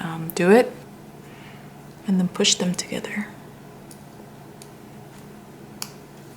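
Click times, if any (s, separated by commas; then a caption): 5.8 s. A small antenna cable connector is pushed by hand onto the WiFi network card of an HP Pavilion Gaming Desktop 690-0073w during a rebuild. Someone talks briefly, then faint handling ticks give way to a sharp click at 5.8 s as the connector seats in place.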